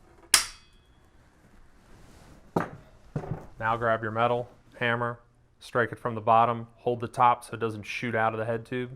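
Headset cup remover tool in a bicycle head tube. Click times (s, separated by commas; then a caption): 0.3 s. A headset cup remover tool is driven up into a one-inch bicycle head tube with a rubber mallet, and a sharp click at 0.3 s marks its flared tip locking into place behind the headset cup. Fainter taps follow, and then someone talks.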